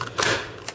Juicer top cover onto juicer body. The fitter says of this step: put the arrow on here and then you just slide it until it clicks